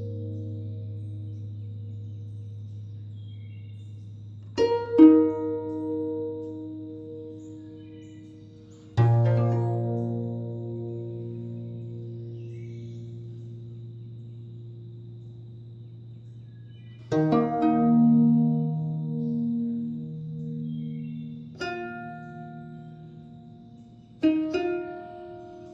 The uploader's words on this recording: Solo guzheng piece. In the early morning.